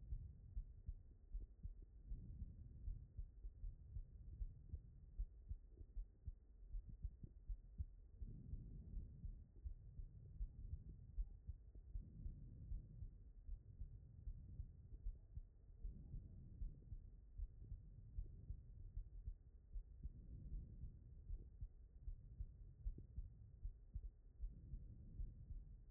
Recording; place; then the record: heart sounds by stethoscope; aortic valve (AV)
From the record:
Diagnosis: non-HFrEF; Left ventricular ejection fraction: 68%